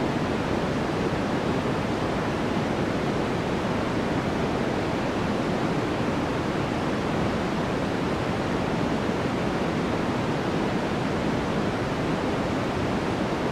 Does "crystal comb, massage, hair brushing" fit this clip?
no